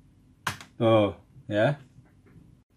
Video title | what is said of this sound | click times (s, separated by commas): Service Overheating Laptop - Lenovo Thinkpad W530 | ya kita tekan Sampai bunyi klik gitu ya oh | 0.5 s